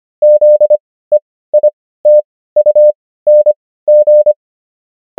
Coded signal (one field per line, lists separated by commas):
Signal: Morse code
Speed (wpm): 25 wpm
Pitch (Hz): 600 Hz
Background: none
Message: ZEITUNG